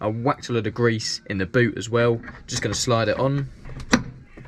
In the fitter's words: there you go hear that click that's the clip coming from that to that and locking looking in